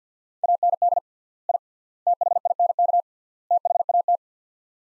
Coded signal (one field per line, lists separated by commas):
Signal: Morse code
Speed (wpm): 45 wpm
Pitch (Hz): 700 Hz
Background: none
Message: AND I THINK THAT